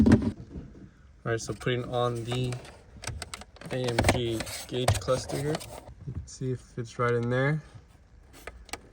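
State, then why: Not seated. An AMG instrument gauge cluster is being fitted into a car dashboard while someone talks. Short, sharp clicks and taps of handling are heard near the start and around 3.1–3.6 s and 8.5–8.7 s. The clip ends before the cluster is released, so nothing has seated or clicked into place yet.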